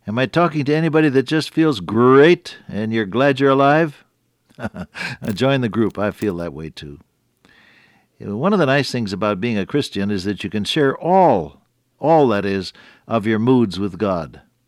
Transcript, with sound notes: Am I talking to anybody that just feels great and you’re glad you’re alive? [chuckle] I’ll join the group. I feel that way too. One of the nice things about being a Christian, is that you can share all, all that is of your moods with God.